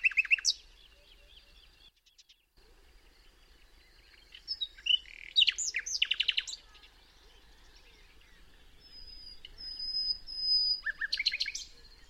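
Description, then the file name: Common nightingale song in separate bursts: short varied phrases, a run of loud repeated notes, a sustained high whistle, then a final sharp flourish of notes. "Luscinia megarhynchos"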